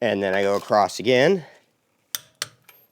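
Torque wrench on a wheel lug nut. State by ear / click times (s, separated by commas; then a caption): torque reached / 2.1 s, 2.4 s. Someone talks, then a torque wrench on a wheel lug nut of a 2018 Nissan Maxima, working across to the next lug nut in the star pattern, gives two sharp metallic clicks at 2.2 and 2.4 seconds, followed by a faint tick. The wrench clicks at its setting, showing the lug nut is torqued.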